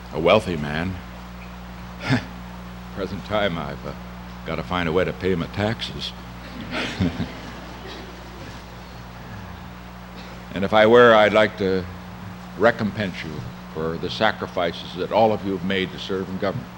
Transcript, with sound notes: a wealthy man—at the present time, I have got to find a way to pay my taxes— [laughter] and if I were, I would like to recompense you for the sacrifices that all of you have made to serve in government.